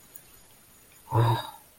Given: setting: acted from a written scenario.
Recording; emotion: vocal sound without words; romantic love